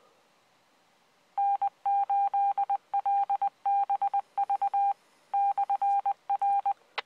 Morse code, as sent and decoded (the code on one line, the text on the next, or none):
-. ---.. .-.. -... ...- / -..-. .-.
N8LBV /R